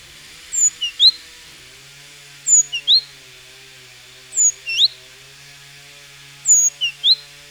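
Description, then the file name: Great tit song: a bright three-note phrase of high descending and rising whistles, repeated regularly about every two seconds, with a low hum in the background. "Parus major"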